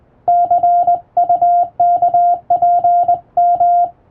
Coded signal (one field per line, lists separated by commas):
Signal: Morse code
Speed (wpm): 20 wpm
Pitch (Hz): 700 Hz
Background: music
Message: CUKPM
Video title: あなたもモールス練習してみませんか？基本に忠実に打つと綺麗なモールス符号になります。手打ちで打てるとカッコイイかも！欧文モールス符号を電報練習帳で打ってみました morse code practice